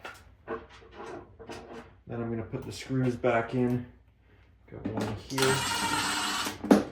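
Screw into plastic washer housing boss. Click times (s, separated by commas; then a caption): 6.7 s. Someone talks while driving a screw back into the plastic housing boss of a Samsung washer that keeps tripping breakers. A steady whirring buzz runs from about 5.4 s to 6.6 s and ends in a sharp crack at 6.7 s as the screw hole's thread strips out.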